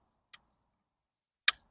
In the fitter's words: and click and now it's going to hold your little image card in place